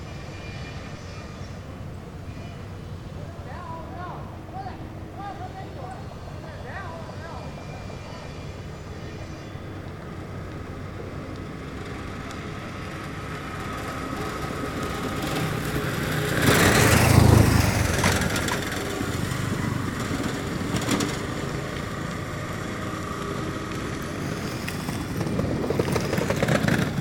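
Tractor traffic at a construction site: a steady low engine rumble holds throughout, with faint chatter and scattered tones early on. Around seventeen seconds a louder, brighter burst passes, then the machinery noise swells again toward the end.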